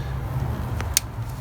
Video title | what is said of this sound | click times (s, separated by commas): V6 Camry CYLINDER 3 COIL REPLACEMENT (NO PLENUM Removal) P1310 Trouble Code Toyota/Lexus 3.0L | all right I heard it snap all right so you're good | 1.0 s